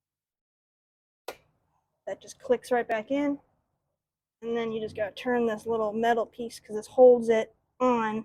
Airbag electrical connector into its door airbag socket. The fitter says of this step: elektrischen Stecker wieder anschließen, der einfach wieder einrastet,